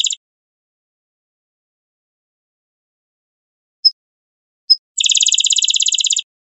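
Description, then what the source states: Rufous-winged sparrow: a trill ends, then after quiet two separate sharp chips precede a steady fast trill over a second long. Recorded 28 April 2001.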